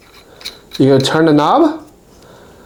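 A plastic VION phone mount head is clipped into its dashboard base ring on a Tesla Model 3/Y, giving a short sharp click at 0.5 s, with a faint scrape just before it. Someone then talks over the quiet background, and the mount head is seated in its base.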